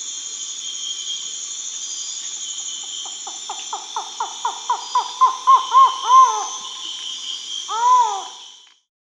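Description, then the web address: Collared forest-falcon calling, a series of about a dozen hollow, arched notes that grow louder, then a pause and one final drawn-out note, over steady high hiss. Recorded in Peru, in the Amazon region. "Birds of the Amazon. Collared Forest-Falcon (Micrastur semitorquatus), Peru"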